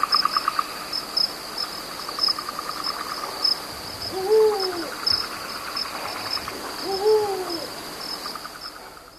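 Eurasian eagle-owl hooting twice, each a low swelling hoot about three seconds apart, set against buzzing cricket trills and a thin continuous insect whine.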